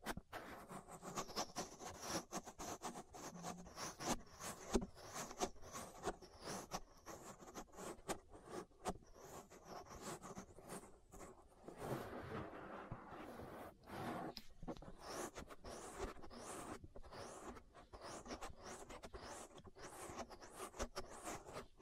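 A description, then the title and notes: Ear massage sounds: continuous soft rubbing and scratching with rapid crackly strokes, a denser smoother swishing stretch near twelve seconds. (No Talking). Ear Massage.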